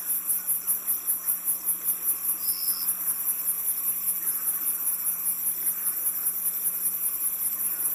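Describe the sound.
High, shimmering cricket chirps pulsing evenly throughout, a short thin whistle-like tone early on, and a quiet constant hum below.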